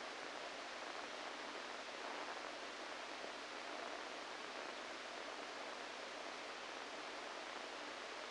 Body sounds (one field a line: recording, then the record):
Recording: brain microelectrode recording played as sound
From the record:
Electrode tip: inside the subthalamic nucleus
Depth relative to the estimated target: 0 mm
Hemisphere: right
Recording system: NeuroSet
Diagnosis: Parkinson's disease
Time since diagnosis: 14 years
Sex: male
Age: 51 years